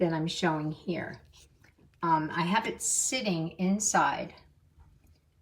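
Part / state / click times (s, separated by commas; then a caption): whisk attachment into handheld mini mixer shaft / not seated / none. A plastic blender/mixer wheel whisk attachment sits in the drive socket of a white Norpro Cordless Mini Mixer from a 5-piece set while someone talks over a quiet background. The attachment will not go in any further and does not latch, so nothing has clicked or locked into place.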